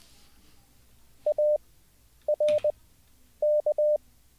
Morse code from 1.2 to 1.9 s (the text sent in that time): A